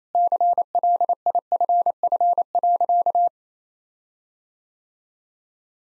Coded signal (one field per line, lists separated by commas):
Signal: Morse code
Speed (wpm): 27 wpm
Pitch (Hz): 700 Hz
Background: none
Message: CLIFF.